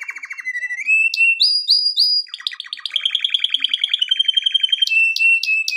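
Canary giving a fast trill, then rising whistled notes, then a rapid chattering trill that steps gradually lower.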